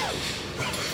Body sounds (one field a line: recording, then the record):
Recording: coughing mixed with background sound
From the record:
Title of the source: Dry Coughing Fit in the Afternoon.